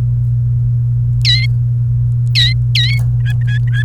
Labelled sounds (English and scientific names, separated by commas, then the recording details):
Domestic Canary (Serinus canaria) song
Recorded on 29 April 2018 at 11:30
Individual llb3